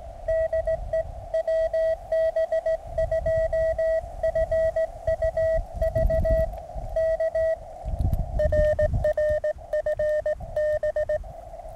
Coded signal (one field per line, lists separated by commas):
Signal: Morse code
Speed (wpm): 17 wpm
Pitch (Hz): 650 Hz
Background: none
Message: DE WB2FUV K RR FB